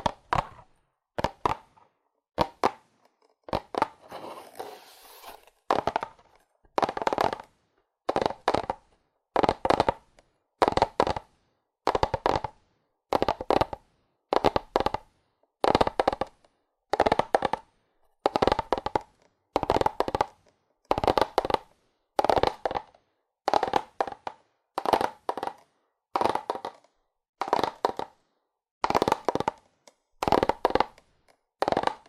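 Fast, aggressive tapping on cardboard comes in short, dense bursts separated by brief silences, repeating steadily about every second and a half. The taps are dry and papery, centred in the middle range with some brighter crackle. The opening seconds are sparser and quieter.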